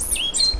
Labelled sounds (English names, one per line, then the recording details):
Stitchbird song
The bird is a male
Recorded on Tiritiri Matangi Island, New Zealand, in 2005
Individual 1, of nest box 1